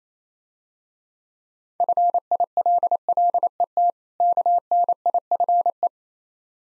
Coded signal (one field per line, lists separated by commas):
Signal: Morse code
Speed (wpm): 28 wpm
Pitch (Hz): 700 Hz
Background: none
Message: FILLET KNIFE